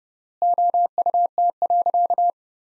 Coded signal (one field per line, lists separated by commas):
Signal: Morse code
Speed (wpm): 30 wpm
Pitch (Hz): 700 Hz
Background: none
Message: OUT.